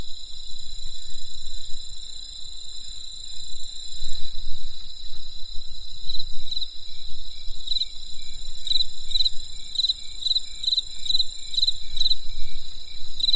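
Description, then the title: Insect sound: a steady shrill drone, then pulsed chirps join after about halfway and repeat regularly. Crisp insect sounds on a winter night in the countryside. "There was a crisp sound of insects in the winter night. Come and experience a sound therapy feast from the countryside"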